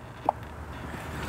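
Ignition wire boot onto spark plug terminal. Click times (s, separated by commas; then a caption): 0.3 s. An installer holds a blue PR ignition wire and pushes its boot firmly down onto a spark plug terminal that was greased with dielectric grease. A short, sharp click is heard at 0.3 s over low steady background noise, and the boot is seated with a firm click.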